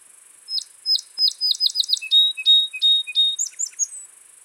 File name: Melospiza melodia - Song Sparrow